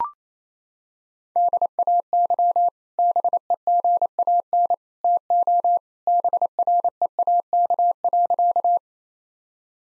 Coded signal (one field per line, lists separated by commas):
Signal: Morse code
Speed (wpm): 28 wpm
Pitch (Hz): 700 Hz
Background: none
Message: DAY BEGAN TO BREAK.